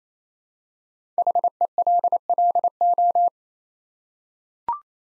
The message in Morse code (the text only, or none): HELLO